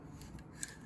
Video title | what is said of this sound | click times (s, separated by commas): Airsoft AKMS Underfolder Stock Disassembly | and release the stock. | 0.6 s